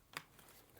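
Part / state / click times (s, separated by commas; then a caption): small wooden part into its slot on the model frame / seated / 0.2 s. A small wooden part of a mechanical music box model is slid back into its slot on the model frame and locks into place with a single sharp click at 0.2 s, followed by faint handling noise. The part is seated and went in easily.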